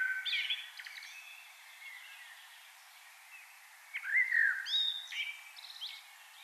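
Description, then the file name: Common blackbird song: two phrases of low fluted whistles, each ending in thin high squeaky notes, separated by a quiet stretch with background hiss. "Turdus merula"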